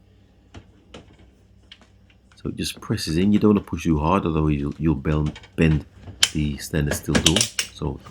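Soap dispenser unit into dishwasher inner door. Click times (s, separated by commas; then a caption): 0.9 s, 1.7 s. A replacement soap dispenser unit for a Samsung dishwasher is pressed gently into the plastic inner door panel. Some of its clips click in at about 0.9 s and 1.7 s among a few other light snaps, before someone talks. The dispenser is only partly seated, with the rest of the clips still to be pushed home.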